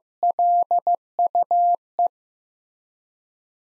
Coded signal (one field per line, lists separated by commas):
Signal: Morse code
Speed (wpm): 15 wpm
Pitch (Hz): 700 Hz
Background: none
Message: LUE